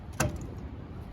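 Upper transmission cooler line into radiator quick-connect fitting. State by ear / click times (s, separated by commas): seated / 0.2 s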